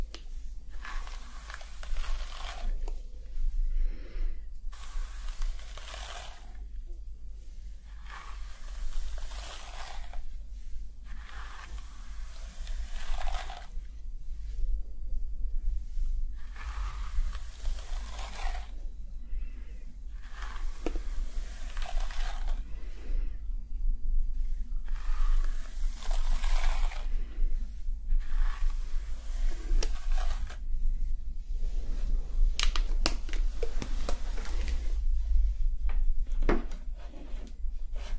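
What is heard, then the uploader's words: Scalp massage and hair washing: rhythmic soft scrubbing strokes every couple of seconds over a constant low hum, with sharper rustles near the end. ASMR Calming Hair Play Treatment Roleplay scalp massage, hair wash & hair brushing.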